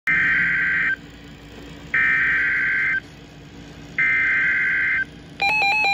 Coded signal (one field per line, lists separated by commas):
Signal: Emergency Alert System (SAME) tones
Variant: header bursts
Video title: EAS #295-298 Severe Thunderstorm Warning for my county